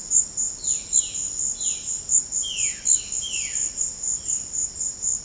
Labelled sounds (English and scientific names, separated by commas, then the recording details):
Violaceous Jay (Cyanocorax violaceus)
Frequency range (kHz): Violaceous Jay (Cyanocorax violaceus) 1.2-5.0 kHz
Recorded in pastures near Puerto Asís, Putumayo, Colombia, on 12 March 2025 at 15:30
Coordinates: 0.502, -76.324
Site GP07